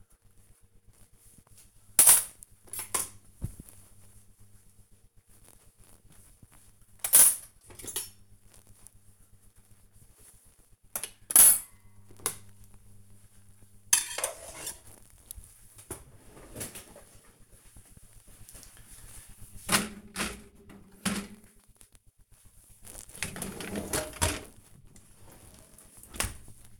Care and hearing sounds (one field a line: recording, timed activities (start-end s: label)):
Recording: household activities, microphone on the right wrist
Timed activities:
0.00-25.25 s: cleaning out the dishwasher